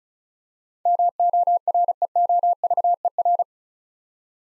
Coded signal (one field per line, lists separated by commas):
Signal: Morse code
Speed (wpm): 36 wpm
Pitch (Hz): 700 Hz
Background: none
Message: MOREOVER